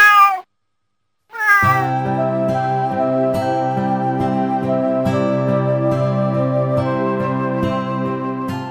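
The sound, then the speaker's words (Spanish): A short cat meow with a falling pitch, then a brief silence before a long, steady, tuneful tone that pulses at a regular beat. “Quería contaros hoy cuál es el motivo por el que los gatos ronronean y, por supuesto, encontré mucha información al respecto.”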